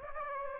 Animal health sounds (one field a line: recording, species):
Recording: mosquito wingbeat signal from an infrared sensor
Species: Aedes aegypti